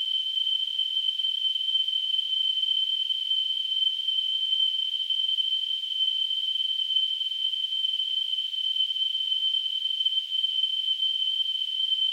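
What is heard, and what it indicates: A steady, unbroken high-pitched tone near 3 kHz, wrapped in a faint hiss, holds at constant loudness throughout. This is a simulation of tonal tinnitus, the ringing a person perceives without any outside sound source.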